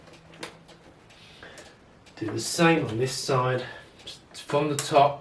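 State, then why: Seated. A plastic case clip on a vintage Toshiba T3200 laptop is gently pressed into the chassis. It seats with a single short click at 0.4 s. Afterward someone talks.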